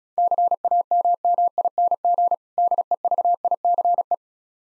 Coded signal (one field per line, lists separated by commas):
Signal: Morse code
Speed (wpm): 36 wpm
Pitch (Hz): 700 Hz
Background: none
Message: CAMMING DEVICE